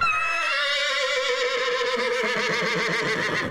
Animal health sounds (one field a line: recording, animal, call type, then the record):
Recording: contact call of a hoofed animal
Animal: horse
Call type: whinny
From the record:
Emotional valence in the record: negative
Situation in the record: group separation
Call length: 3.6 s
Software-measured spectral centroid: 2680 Hz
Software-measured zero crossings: 3730 a second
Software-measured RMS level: -24 dBFS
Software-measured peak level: -12 dBFS